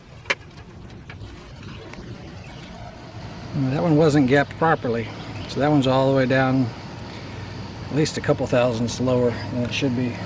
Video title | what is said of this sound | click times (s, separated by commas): JD John Deere la130 maintenance l130 tune up oil change and grease riding mower | good solid click when you put that plug back on the plug wire back on | 0.3 s